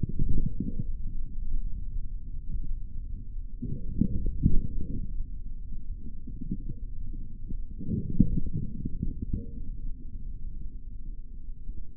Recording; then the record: forearm muscle sounds (acoustic myography)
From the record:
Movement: forearm pronation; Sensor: system 3, bracelet of six PUI Audio POM-2738L microphones around the upper forearm, with dedicated amplification and filtering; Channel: 3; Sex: male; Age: 25 years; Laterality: right